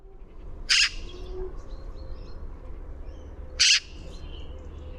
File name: Pica pica